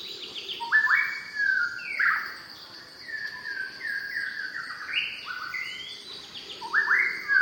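White-rumped shama singing varied whistled phrases, rising and falling swoops repeated throughout over a constant high insect drone.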